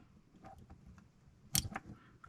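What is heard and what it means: Tweezers press a small spring pin into a jointed plastic swimbait lure blank, with faint ticks and scrapes before a sharp click at 1.6 s and a softer tick right after. The spring only partly seats, with just one half going into the lure body.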